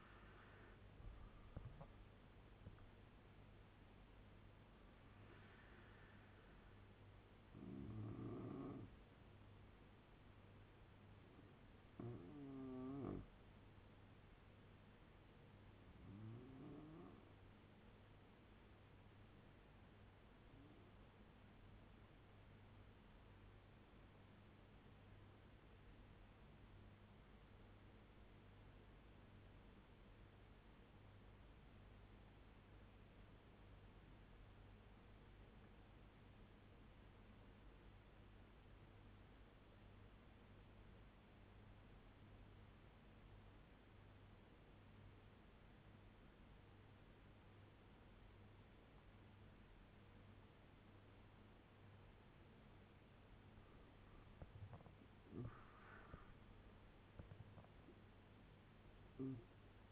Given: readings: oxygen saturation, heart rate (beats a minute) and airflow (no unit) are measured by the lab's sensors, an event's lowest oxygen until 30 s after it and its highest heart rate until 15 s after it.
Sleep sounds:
breathing in sleep by a voice recorder at the bedside; 1
24.00-54.20 s: obstructive apnea (N1, oxygen 96% highest, then 83% lowest, heart rate 75 at the start, 90 highest)
28.00-58.00 s: new sleep stage, N2 (light sleep)
58.00-59.92 s: new sleep stage, N1 (lightest sleep)
From the record:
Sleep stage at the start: N1 (lightest sleep); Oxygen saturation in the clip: 85 to 96%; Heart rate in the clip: 69 to 90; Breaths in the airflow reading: 5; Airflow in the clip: -8.1 to 12.6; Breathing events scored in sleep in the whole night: 201 in 6.5 hours asleep

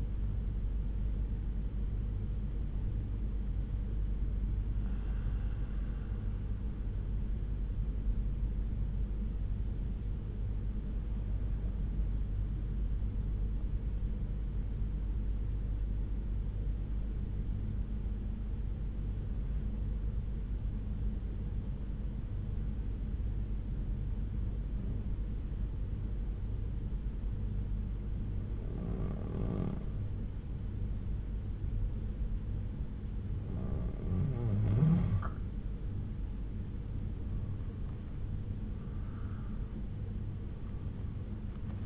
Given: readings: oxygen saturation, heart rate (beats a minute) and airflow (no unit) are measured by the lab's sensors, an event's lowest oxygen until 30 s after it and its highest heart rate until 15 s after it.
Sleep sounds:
breathing in sleep by a smartphone at the bedside; 1
4.00-35.80 s: hypopnea (N2, oxygen 95% highest, then 88% lowest)
30.00-41.86 s: new sleep stage, N1 (lightest sleep)
From the record:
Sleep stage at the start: N2 (light sleep); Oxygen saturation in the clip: 88 to 95%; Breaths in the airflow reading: 7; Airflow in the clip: -6.2 to 9.9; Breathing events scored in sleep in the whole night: 368 in 8.0 hours asleep

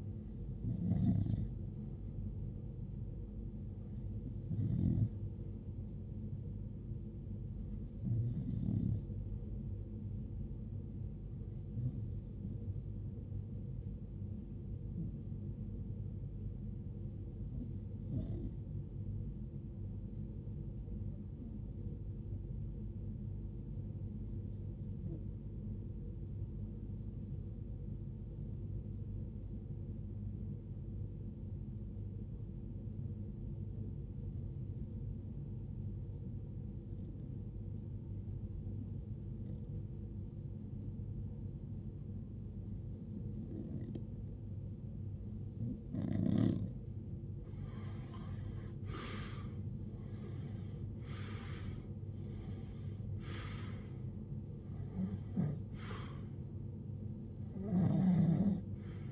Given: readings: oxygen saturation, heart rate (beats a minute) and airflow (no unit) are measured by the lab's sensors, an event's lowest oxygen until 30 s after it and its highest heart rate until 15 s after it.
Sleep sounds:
breathing in sleep by a smartphone at the bedside; 1
23.00-45.10 s: hypopnea (REM, oxygen 95% highest, then 93% lowest, heart rate 78 at the start, 79 highest)
From the record:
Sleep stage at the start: REM sleep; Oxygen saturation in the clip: 90 to 95%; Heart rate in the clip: 53 to 79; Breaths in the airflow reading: 19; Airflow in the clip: -20.7 to 17.5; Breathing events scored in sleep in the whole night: 389 in 6.3 hours asleep

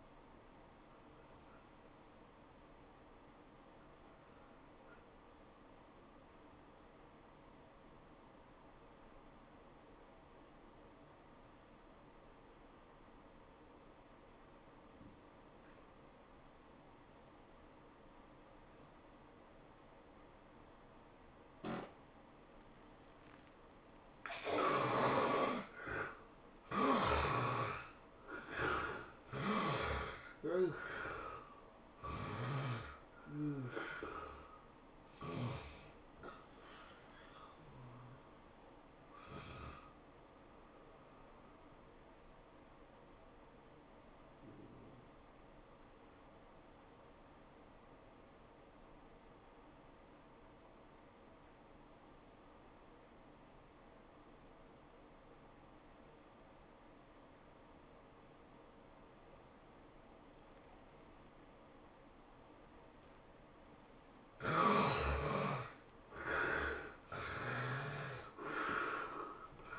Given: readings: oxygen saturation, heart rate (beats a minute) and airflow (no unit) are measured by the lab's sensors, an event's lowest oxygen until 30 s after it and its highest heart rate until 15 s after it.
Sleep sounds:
breathing in sleep by a voice recorder at the bedside; 2
5.00-24.70 s: obstructive apnea (N2, oxygen 95% highest, then 73% lowest, heart rate 86 at the start, 106 highest)
34.00-64.00 s: new sleep stage, N1 (lightest sleep)
41.00-64.00 s: hypopnea (N1, oxygen 97% highest, then 73% lowest, heart rate 102 at the start, 103 highest)
64.00-69.79 s: new sleep stage, awake
65.00-69.79 s: awake
From the record:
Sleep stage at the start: N2 (light sleep); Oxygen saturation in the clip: 72 to 97%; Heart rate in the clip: 79 to 106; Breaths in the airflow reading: 8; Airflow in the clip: -14.9 to 12.8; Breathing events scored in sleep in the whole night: 403 in 5.5 hours asleep

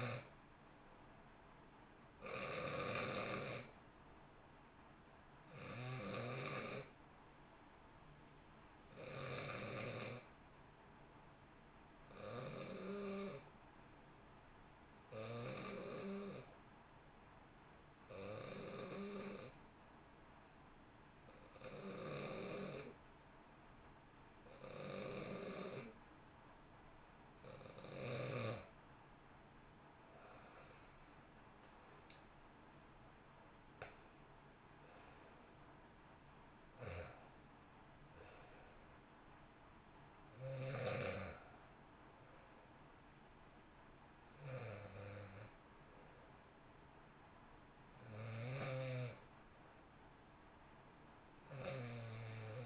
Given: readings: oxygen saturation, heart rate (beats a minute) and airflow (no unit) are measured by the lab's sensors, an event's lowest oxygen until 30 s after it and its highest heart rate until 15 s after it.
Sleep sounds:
breathing in sleep by a voice recorder at the bedside; 1
11.00-30.10 s: hypopnea (N2, oxygen 92% highest, then 88% lowest, heart rate 63 at the start, 70 highest)
25.00-52.66 s: new sleep stage, N1 (lightest sleep)
From the record:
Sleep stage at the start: N2 (light sleep); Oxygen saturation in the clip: 88 to 94%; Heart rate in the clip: 56 to 70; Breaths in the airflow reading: 17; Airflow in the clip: -1.8 to 3.7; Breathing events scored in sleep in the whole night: 328 in 6.3 hours asleep

